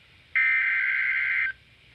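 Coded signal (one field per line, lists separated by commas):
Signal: Emergency Alert System (SAME) tones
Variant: header bursts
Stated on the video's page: Severe thunderstorm warning received on an HH54VP2 weather radio.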